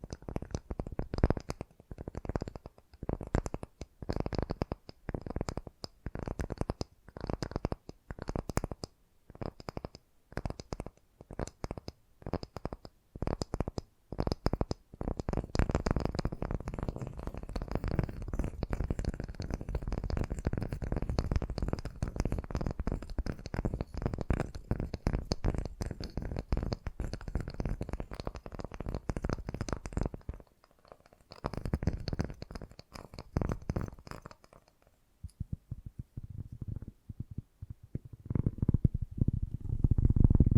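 Fast, gentle tapping runs through the whole clip, sparse and distinct taps at first, then speeding into a dense, continuous patter from about fifteen seconds. The sound is soft and mostly low, with brief pauses near thirty-one and thirty-five seconds before the tapping resumes.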